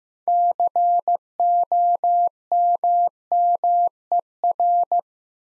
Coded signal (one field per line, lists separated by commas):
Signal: Morse code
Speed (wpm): 15 wpm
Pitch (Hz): 700 Hz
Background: none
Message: COMMER